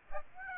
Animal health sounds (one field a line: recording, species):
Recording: mosquito wingbeat signal from an infrared sensor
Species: Aedes aegypti